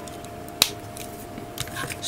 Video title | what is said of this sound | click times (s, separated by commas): *GundamCustom* 1/144 HG GM Type C - Part 3 | goes here and here snaps | 0.6 s